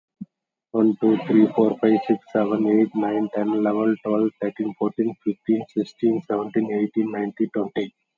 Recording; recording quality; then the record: counting at a fast pace; excellent, no background noise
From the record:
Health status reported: COVID-19 positive, mild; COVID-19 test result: positive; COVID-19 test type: RT-PCR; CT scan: not taken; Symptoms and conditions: cough, cold, hypertension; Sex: male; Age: 56 years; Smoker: no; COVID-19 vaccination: both doses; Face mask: worn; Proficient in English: yes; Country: India